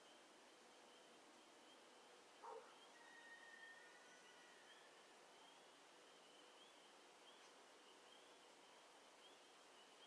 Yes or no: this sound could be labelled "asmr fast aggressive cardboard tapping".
no